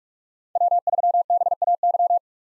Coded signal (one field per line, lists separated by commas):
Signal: Morse code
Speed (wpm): 46 wpm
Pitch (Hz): 700 Hz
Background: none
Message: W3BAY